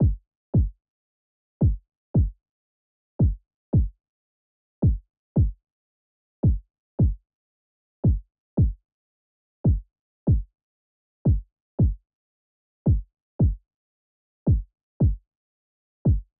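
A regular heartbeat of paired, low-pitched lub-dub thumps, about 37 pairs per minute, with a short gap inside each pair and a longer pause between pairs. The pattern runs in 3/4 time at a tempo of 112 beats per minute.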